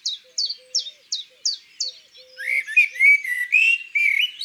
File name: Pouillot veloce Chants doiseaux dans la campagne